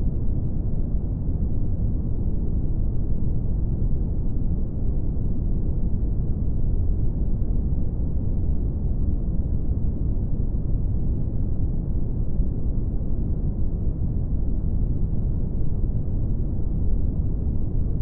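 Brown noise runs steady and dense for the whole stretch, a deep, even rumble weighted heavily toward the low end, with almost nothing bright above it. The level never changes, and no separate events or background sounds break through.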